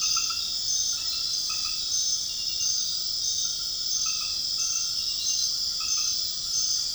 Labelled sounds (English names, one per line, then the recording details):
none
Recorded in dense forest near Puerto Asís, Putumayo, Colombia, on 18 February 2024 at 22:00
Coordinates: 0.502, -76.324
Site G6370